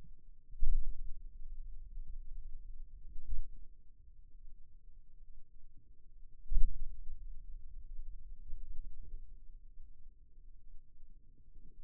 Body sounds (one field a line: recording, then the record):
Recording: forearm muscle sounds (acoustic myography)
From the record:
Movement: pen grasping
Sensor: system 2, bracelet of six BSWA MPA416 microphones around the upper forearm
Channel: 1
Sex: male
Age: 22 years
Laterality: right